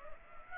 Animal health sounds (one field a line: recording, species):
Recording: mosquito wingbeat signal from an infrared sensor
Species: Aedes aegypti